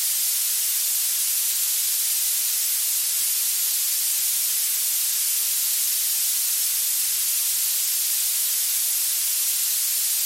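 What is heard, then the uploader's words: Blue noise: a steady, unbroken hiss tilted strongly toward the top, bright and thin with almost nothing in the low end. It never changes over the ten seconds, sounding like a fine, sharp spray or static held at constant level. The high-frequency content of blue noise.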